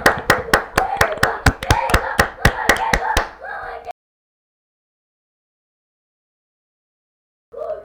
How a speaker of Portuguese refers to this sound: Salva de palmas então para ele, parabéns.